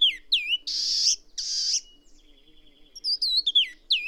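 Bird giving slurred downward whistles broken by two harsh noisy rasps, then a thin steady tone and more curling whistled notes.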